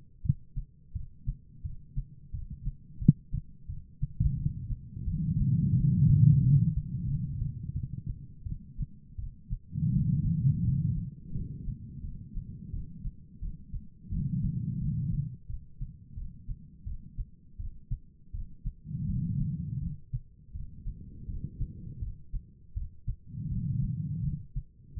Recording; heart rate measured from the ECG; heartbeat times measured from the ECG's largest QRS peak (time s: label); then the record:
heart sounds by stethoscope; 85 bpm
0.22 s: heartbeat
0.93 s: heartbeat
1.62 s: heartbeat
2.31 s: heartbeat
2.99 s: heartbeat
3.67 s: heartbeat
4.35 s: heartbeat
5.05 s: heartbeat
5.74 s: heartbeat
6.41 s: heartbeat
7.06 s: heartbeat
7.73 s: heartbeat
8.44 s: heartbeat
9.17 s: heartbeat
9.90 s: heartbeat
10.62 s: heartbeat
11.33 s: heartbeat
12.02 s: heartbeat
12.71 s: heartbeat
13.40 s: heartbeat
14.10 s: heartbeat
14.79 s: heartbeat
15.47 s: heartbeat
16.15 s: heartbeat
16.84 s: heartbeat
17.57 s: heartbeat
18.32 s: heartbeat
19.07 s: heartbeat
19.80 s: heartbeat
20.53 s: heartbeat
21.26 s: heartbeat
22.00 s: heartbeat
22.74 s: heartbeat
23.49 s: heartbeat
24.22 s: heartbeat
24.95 s: heartbeat
From the record:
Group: healthy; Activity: Valsalva maneuver 0-6 s, rest 6-25 s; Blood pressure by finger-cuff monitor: 170/116 mmHg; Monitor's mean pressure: 133 mmHg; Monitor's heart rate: 85 bpm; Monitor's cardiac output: 4.6 L/min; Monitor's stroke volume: 56 mL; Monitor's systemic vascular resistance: 2170 dyn s/cm5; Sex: female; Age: 51 years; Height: 162 cm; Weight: 70.04 kg